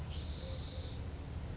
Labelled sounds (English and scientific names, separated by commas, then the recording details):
Spotted Towhee (Pipilo maculatus)
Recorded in Sonoma County, California